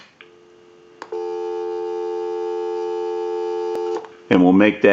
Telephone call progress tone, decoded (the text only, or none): dial tone